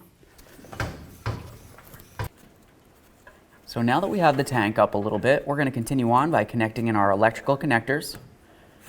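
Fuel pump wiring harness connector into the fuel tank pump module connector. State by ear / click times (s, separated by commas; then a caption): not seated / none. Under a 1988-2000 Chevy C/K1500 truck with the fuel tank partly raised, the plastic fuel pump wiring harness connector is being handled toward the fuel tank pump module connector, giving a few sharp knocks near 0.8 s, 1.3 s and 2.2 s. From about 3.8 s to the end, someone talks. The connector has not seated or clicked yet.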